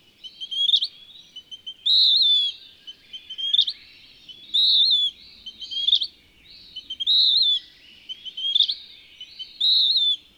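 Bird song with clear high whistled phrases interleaved with clusters of sharp rising chips, repeating steadily over a quiet background.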